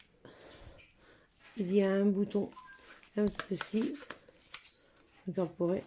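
A plastic nozzle attachment is handled at a UKLISS 1000W 5-in-1 hair dryer body while someone talks. Brief handling taps sound, with a sharp high tick near 4.5 s. The nozzle has not yet been pushed on, and nothing has seated or clicked yet.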